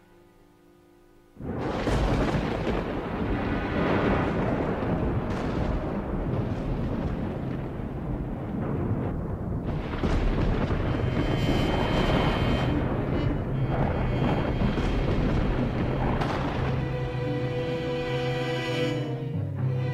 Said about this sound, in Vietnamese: Bầu trời đêm bỗng đầu nổi lên một cơn sấm sét.